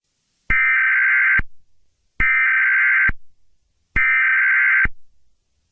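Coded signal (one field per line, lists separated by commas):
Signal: Emergency Alert System (SAME) tones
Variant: header bursts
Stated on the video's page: Fictional mock EAS scenario about a multiverse invasion.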